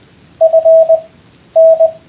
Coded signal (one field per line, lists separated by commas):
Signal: Morse code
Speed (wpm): 20 wpm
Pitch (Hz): 660 Hz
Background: none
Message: FN